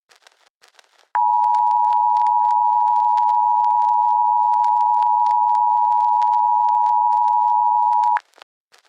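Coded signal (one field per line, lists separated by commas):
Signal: Emergency Alert System (SAME) tones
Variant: 853 and 960 Hz attention tone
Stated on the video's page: Fictional EAS scenario, a retake, not a real alert.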